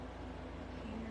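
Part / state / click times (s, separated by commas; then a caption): wooden kit panel into book nook frame slot / not seated / none. A laser-cut wooden panel from a book nook miniature kit is handled at its slot in the frame before being fitted. Only a steady low background hum is heard, with no distinct hits. Nothing has seated or clicked yet.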